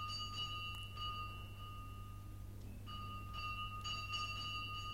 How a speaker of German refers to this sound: Da läutete es 2-mal kurz nacheinander an der Pforte.